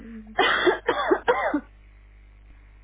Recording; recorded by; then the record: voluntary cough; telephone call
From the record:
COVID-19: negative